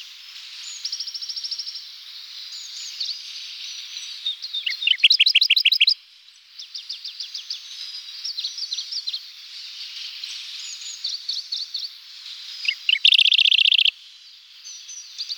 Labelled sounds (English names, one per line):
Radde's Warbler song